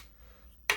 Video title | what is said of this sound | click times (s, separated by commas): Volinex Compressed Air Duster Review | at uh straight across position, and then it clicks into place. | 0.7 s